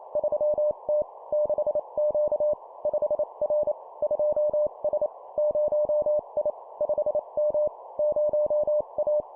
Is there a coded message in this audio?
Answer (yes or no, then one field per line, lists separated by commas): yes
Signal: Morse code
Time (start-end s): 0.2-9.2 s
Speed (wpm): 28 wpm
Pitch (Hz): 600 Hz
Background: none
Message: 3T 6Q 5R 2S 0I 5M 0A